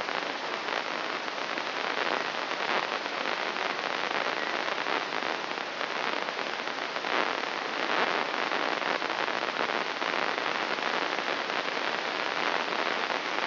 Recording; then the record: brain microelectrode recording played as sound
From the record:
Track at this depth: inside the subthalamic nucleus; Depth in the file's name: 1.712 mm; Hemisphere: left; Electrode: 3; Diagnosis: Parkinson's disease